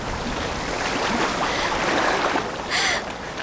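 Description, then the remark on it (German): Heavy icy water surges and roars in a dense, hissing wash, crashing against a ship and breaking it in two, with a brief bright burst of splashing near the end before the rush eases. “Und eisige Wassermassen brachen die Hurricane in 2 Teile.”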